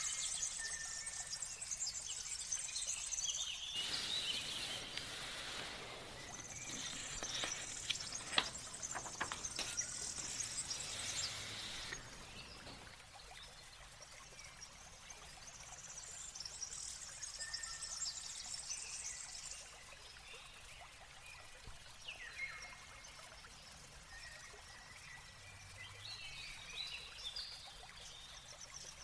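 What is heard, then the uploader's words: Flowing water runs throughout as a steady trickling hiss, swelling louder and fuller between about 4 and 12 seconds. Birds chirp and twitter above it in bursts, with thin rising calls around 22 to 27 seconds. Morning garden asmr ambience. Nature sounds birds/water flowing.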